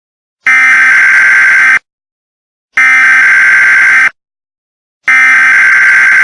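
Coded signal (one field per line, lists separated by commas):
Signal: Emergency Alert System (SAME) tones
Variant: header bursts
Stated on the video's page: Fan-made recreation of a fictional weather service alert.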